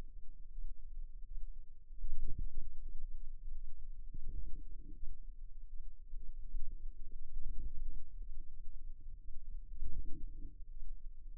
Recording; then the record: forearm muscle sounds (acoustic myography)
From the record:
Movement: wrist flexion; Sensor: system 2, bracelet of six BSWA MPA416 microphones around the upper forearm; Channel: 6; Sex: female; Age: 23 years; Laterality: right